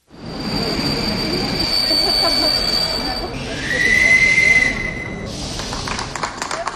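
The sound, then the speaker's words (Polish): An express train touring Europe to promote the European Year of Rail, in Poland, rumbles steadily at a station while a high, thin whistling tone holds over it, then a second, lower shrill tone sounds briefly before fading into the rolling clatter. “Przyglądając się taborowi, który mamy dzisiaj okoliczność obserwować, mamy apetyt, aby podobnej jakości pociągi jeździły”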